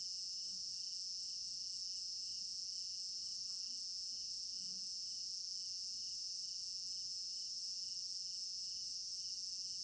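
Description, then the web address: Crickets: steady shrill chirping with a lower pulsing trill, and a few faint low sounds in the first half. Crickets in an African village garden at night, recorded in stereo binaural. "African-Village Garden Night Crickets Stereo-Binaural. immersive sound library"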